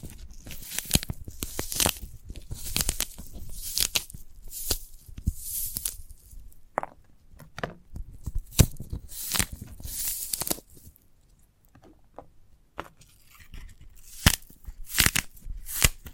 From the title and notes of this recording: ASMR of a Sprouted Coconut (No Talking).